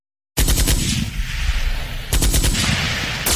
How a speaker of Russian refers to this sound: И тут же, поменяв ленту на новую, заработал Ларионов, кроша пулями припаркованные машины, за которыми прятался враг.